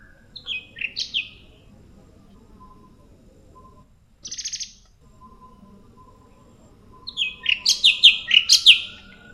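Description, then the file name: Bulbul calling in quick, high, descending chirp phrases, with a brief buzzy note midway and a longer, louder chirping burst near the end over a low hum. "panggilan cucak cungkok"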